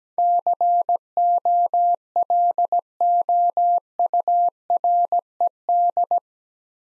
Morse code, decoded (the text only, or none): COLOURED